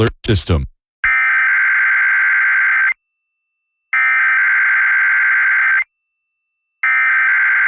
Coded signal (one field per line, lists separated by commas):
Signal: Emergency Alert System (SAME) tones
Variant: header bursts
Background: speech